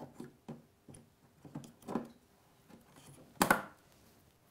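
A RAM module is pushed firmly into a motherboard DIMM slot with its tabs open, after a few soft handling taps and rustles. Two sharp clicks at 3.4 s and 3.5 s mark the retention tabs snapping shut, and the memory module is seated.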